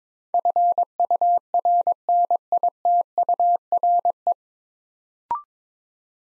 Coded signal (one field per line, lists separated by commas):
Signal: Morse code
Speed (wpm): 22 wpm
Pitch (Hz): 700 Hz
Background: none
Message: FURNITURE